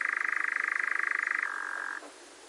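Nightjar churring, a rapid mechanical trill that drops to a lower, quieter pitch after about one and a half seconds, then stops abruptly.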